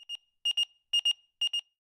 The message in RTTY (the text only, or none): none